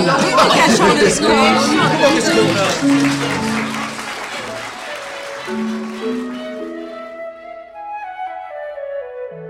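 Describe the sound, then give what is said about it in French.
Audience applause with crowd chatter and cheering for the victory of the men's team, a dense wash of clapping that gradually fades while a sustained melodic music line rises and carries on alone at the end. “Nous allons en rester là et, en cachant le score, applaudir la victoire de l'équipe masculine.”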